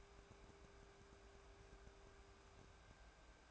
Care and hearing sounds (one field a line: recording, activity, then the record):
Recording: daily activity, microphone in the room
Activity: take from stove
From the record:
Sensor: 2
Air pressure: 1010.2 hPa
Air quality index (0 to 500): 161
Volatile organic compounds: 7 ppm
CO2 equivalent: 2023 ppm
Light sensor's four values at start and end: 41/99/44/50 and 41/100/45/50